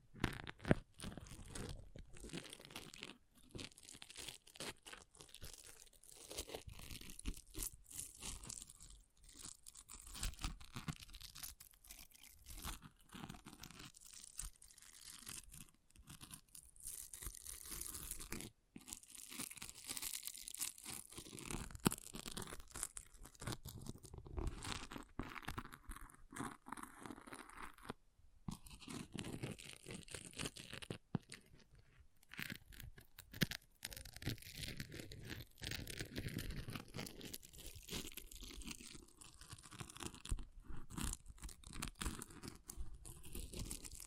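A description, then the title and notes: An object scratching in rapid, dense bursts of rough, crunchy texture, bright through the upper range. The strokes run nearly continuously for the whole 44 seconds, with brief pauses around 18, 28 and 31 seconds. ASMR Brain Melting Object Scratching (No Talking).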